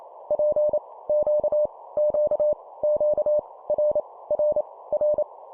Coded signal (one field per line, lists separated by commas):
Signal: Morse code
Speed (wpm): 28 wpm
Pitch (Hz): 600 Hz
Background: none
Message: P Q Q Q R R R